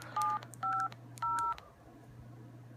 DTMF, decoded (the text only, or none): 750